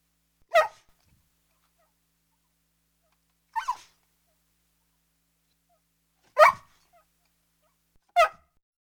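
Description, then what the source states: Dog whining in four short, high, harmonic bursts spaced about two to three seconds apart, with silence between them. Medium-sized dog whining.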